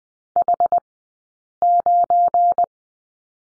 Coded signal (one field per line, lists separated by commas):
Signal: Morse code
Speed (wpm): 20 wpm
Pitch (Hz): 700 Hz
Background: none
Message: H9